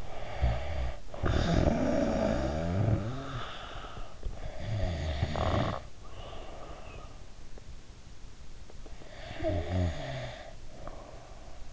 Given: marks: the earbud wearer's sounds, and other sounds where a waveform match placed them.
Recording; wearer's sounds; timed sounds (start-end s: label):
sounds in sleep by an in-ear microphone; snoring breath
0.00-4.10 s: snoring breath
4.39-7.46 s: snoring breath
9.01-11.73 s: snoring breath